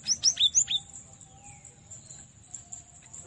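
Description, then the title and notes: Cinereous tit chirping: five quick, piercing high notes at the start, each dropping sharply in pitch, followed by near silence with a faint thin whistle. Masteran (training recording for cage birds). "Masteran Gelatik Batu. burung gelatik"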